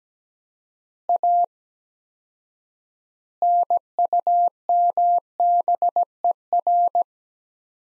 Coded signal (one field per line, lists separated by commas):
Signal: Morse code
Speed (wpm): 17 wpm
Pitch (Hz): 700 Hz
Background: none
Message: A NUMBER